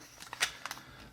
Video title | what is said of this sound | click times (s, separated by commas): Disney Princess Snow Cone Maker - Vintage Disney Store! | So that locks in tight. | 0.4 s